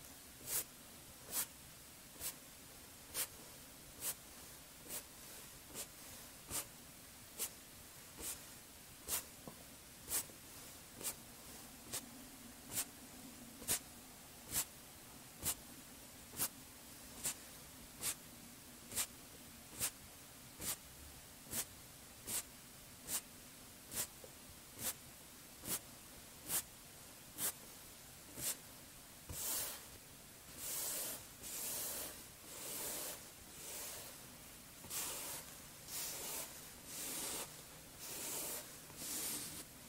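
Cleansing and face touching with body mousse: sharp, crisp taps repeat at a steady pace, under a second apart, for most of the recording over a low, soft hum. Near the end they give way to longer, brighter airy hisses, pulsing regularly about once a second.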